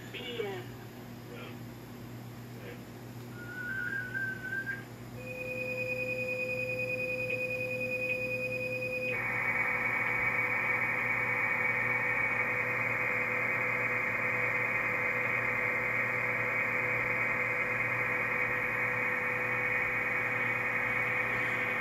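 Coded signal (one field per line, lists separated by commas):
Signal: MT63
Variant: MT63-2000L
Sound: two steady tones for four seconds, then a dense wide warbling hiss continuing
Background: brief talk and whistle at start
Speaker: we can go ahead and play that message back guess what's gonna happen it's gonna come right back in here of course it's gonna decode it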